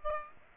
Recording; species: mosquito wingbeat signal from an infrared sensor; Aedes aegypti